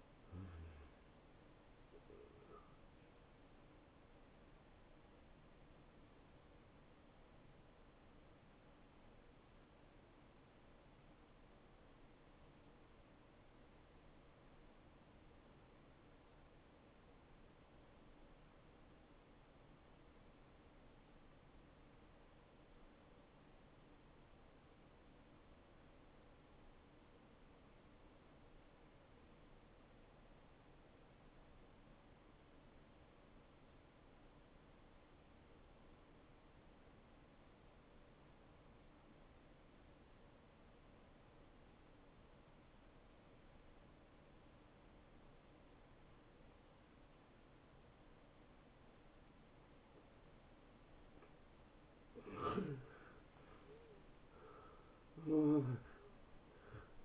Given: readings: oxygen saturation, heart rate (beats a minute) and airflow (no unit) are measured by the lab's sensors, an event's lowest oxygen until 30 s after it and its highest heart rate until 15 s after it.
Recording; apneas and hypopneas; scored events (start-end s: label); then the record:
breathing in sleep by a voice recorder at the bedside; 1
2.00-57.05 s: new sleep stage, N1 (lightest sleep)
13.00-52.40 s: obstructive apnea (N1, oxygen 92% highest, then 82% lowest)
From the record:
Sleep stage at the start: N2 (light sleep); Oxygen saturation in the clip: 83 to 92%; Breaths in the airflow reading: 5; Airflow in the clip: -16.9 to 9.4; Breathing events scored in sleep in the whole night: 263 in 5.5 hours asleep